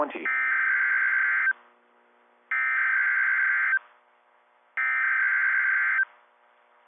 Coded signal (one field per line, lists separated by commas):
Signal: Emergency Alert System (SAME) tones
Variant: header bursts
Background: speech